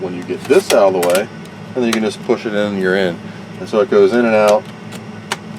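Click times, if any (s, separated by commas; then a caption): 5.3 s. A scandoubler expansion card, with a little filed off the edge of its connector so it fits better, is pushed into the computer's trapdoor (belly) expansion edge connector while someone talks. A single sharp click at 5.3 s marks the card seating fully.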